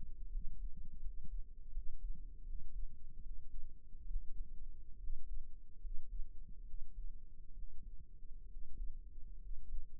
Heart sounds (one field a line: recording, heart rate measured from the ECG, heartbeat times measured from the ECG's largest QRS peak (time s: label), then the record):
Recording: heart sounds by microphone in the right ear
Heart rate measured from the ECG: 73 bpm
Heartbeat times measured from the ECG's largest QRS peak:
0.31 s: heartbeat
1.02 s: heartbeat
1.73 s: heartbeat
2.45 s: heartbeat
3.22 s: heartbeat
4.07 s: heartbeat
4.99 s: heartbeat
5.80 s: heartbeat
6.65 s: heartbeat
7.54 s: heartbeat
8.48 s: heartbeat
9.40 s: heartbeat
From the record:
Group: healthy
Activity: cold pressor test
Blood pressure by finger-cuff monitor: 87/52 mmHg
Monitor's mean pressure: 65 mmHg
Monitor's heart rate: 73 bpm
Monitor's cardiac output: 6.3 L/min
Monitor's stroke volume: 87 mL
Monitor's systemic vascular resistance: 730 dyn s/cm5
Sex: male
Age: 22 years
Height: 181 cm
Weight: 79 kg